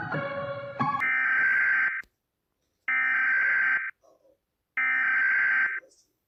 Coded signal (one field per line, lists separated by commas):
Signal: Emergency Alert System (SAME) tones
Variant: header bursts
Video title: Rating EAS alarms!